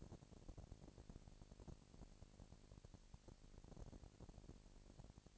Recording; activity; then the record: daily activity, microphone in the room; no activity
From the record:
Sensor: 5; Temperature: 20.1 degrees Celsius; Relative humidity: 38.2%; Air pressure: 998.9 hPa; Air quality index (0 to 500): 218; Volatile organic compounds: 24 ppm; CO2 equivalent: 2805 ppm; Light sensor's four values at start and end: 2/3/1/1 and 2/3/1/1